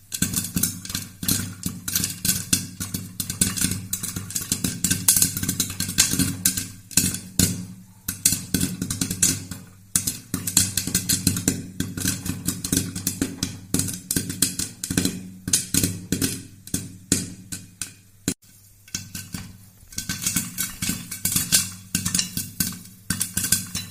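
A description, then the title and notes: Popcorn pops rapidly inside a microwave, the kernels bursting in a dense, irregular stream of sharp cracks with a few brief lulls near eight and eighteen seconds. Beneath the popping runs the oven's steady low hum, constant throughout. Popcorn Popping In The Microwave. At first it starts with one kernel, then two, then all of a sudden all the kernels are going off in unison.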